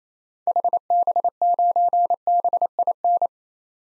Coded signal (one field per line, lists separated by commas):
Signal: Morse code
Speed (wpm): 27 wpm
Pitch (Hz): 700 Hz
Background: none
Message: HB9BIN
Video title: 2023 SOTA Activator Call Signs - 28wpm